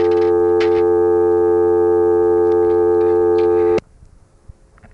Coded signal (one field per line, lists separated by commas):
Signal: telephone call progress tone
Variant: North America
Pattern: dial tone